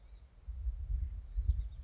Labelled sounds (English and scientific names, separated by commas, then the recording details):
Blue-gray Gnatcatcher (Polioptila caerulea)
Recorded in Sonoma County, California